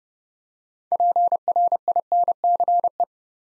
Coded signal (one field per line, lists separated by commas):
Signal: Morse code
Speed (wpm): 28 wpm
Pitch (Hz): 700 Hz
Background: none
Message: PRINCE